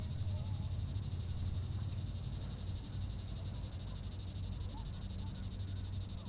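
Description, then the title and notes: Cicada song: a high, shrill, rapidly pulsing buzz holding steady throughout, with a faint low hum underneath. Cicada in an apple tree at the top of the Côte de Groisin, Chindrieux, France, at 32°; Zoom H4n Pro, preamp level 100. "3029 Rte d'Aix, 73310 Chindrieux, France - cigale. Cigale dans un pommier au sommet de la côte de groisin, il fait 32°"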